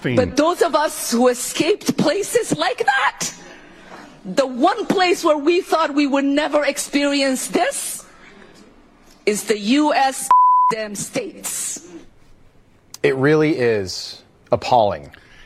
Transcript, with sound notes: But those of us who escaped places like that, the one place where we thought we would never experience this, is the US (beep) damn States.
It really is appalling.